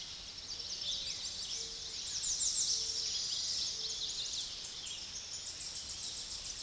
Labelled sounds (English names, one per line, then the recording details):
American Redstart song
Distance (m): 25 m
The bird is about level with the microphone
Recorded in a Pennsylvania forest on 16 May 2024 at 06:12
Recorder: AudioMoth, point MSD-0263
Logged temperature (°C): 16.0 °C
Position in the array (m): 111 m, 226 m